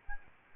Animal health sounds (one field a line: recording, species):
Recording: mosquito wingbeat signal from an infrared sensor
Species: Aedes albopictus